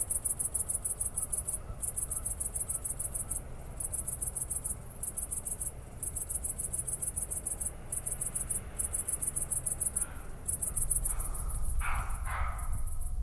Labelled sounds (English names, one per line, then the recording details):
Great Green Bush-cricket stridulation
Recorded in the wild
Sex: male
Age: imago
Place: Kloster, Insel Hiddensee, Mecklenburg-Vorpommern, DE
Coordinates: 54.5908, 13.1058
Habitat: meadow
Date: 2008-09-09 20:30
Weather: ca. 15°C
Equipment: Sound Devices 702, Sennheiser MKH 70, Windkorb
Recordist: Frommolt, Karl-Heinz